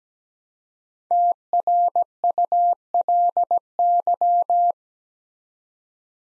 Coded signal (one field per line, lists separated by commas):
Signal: Morse code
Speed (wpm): 17 wpm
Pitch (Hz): 700 Hz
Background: none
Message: TRULY